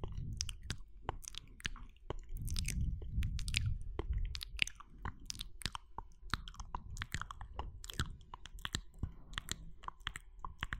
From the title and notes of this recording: Seductive Wet Mouth Sounds Overload Exquisite Intimacy.